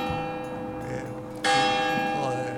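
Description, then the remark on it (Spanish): Bells played as a radio sound effect by pressing an icon on a sound-effects panel: sustained metallic tones, then a louder strike at about one and a half seconds brings a bright burst of ringing overtones that slowly decays. “Tenemos unas campanas.”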